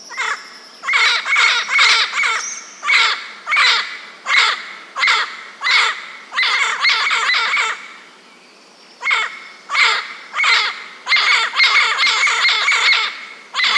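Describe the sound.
Bird calling with rough, grating notes in quick runs, about one and a half per second, broken by a short pause midway before the series resumes.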